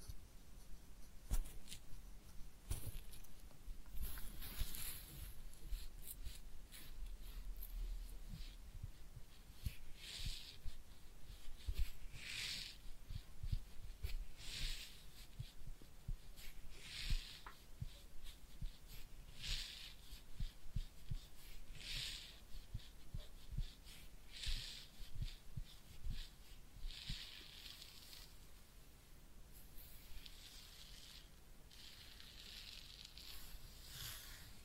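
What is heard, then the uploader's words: Soft scratching and rubbing during a head massage and ear cleaning, with bright hissy swipes every second or two over a low rumble. ASMR Real Head Massage and Ear Cleaning (No Talking).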